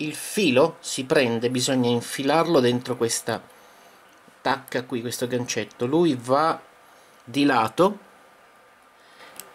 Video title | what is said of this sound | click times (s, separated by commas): Restauro Macchina per Cucire SINGER 257 DALLA SPAZZATURA: La nuova frontiera dell'HACKING! Parte 2/2 | sentite un click perché c'è una molletta che preme e c'è questo piccolo | 9.4 s